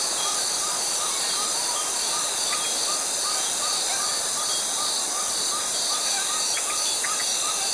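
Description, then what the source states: Cicada drone, shrill and unbroken, over a steady series of soft repeated chirps. Tropical forest.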